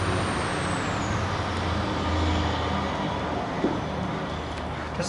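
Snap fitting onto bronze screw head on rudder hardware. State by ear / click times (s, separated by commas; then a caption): not seated / none. A snap-on fitting is pressed over a bronze screw head on a wooden boat's rudder hardware, but it doesn't snap on easily, possibly because driving the screw down has spread the head. Steady truck and traffic rumble covers the whole stretch, and nothing has seated or clicked yet.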